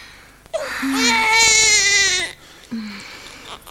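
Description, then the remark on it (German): A newborn baby boy cries in one long, high wail with a short whimpering lead-in, then lets out a briefer, softer cry after a pause. No one speaks. “Ein ziemlicher Meckerling. Hört sich aber gar nicht so an.”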